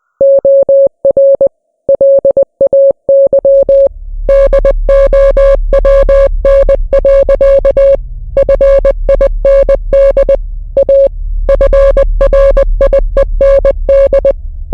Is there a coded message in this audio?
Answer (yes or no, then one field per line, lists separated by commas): yes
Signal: Morse code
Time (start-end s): 0.2-14.3 s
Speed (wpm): 20 wpm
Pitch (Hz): 550 Hz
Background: music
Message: OR LAY DOWN. FIND A FRIEND